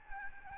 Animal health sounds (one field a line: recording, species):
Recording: mosquito wingbeat signal from an infrared sensor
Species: Aedes albopictus